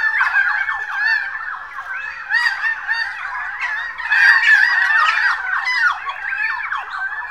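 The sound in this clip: Birds chattering as a crowd, quick rising and falling squeaks packed together, the chorus swelling and easing several times.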